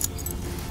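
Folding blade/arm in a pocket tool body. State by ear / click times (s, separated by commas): not seated / none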